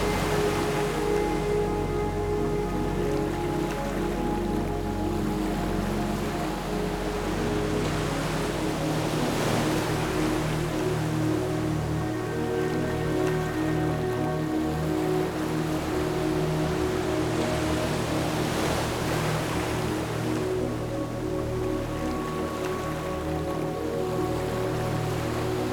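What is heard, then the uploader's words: Ocean water washes in steady, close surf, with brighter swells of spray rising around 9, 13 and 19 seconds. Beneath it, sustained low musical tones hold long notes that shift slowly, and the overall level stays even throughout. Standing in the Ocean (with Music).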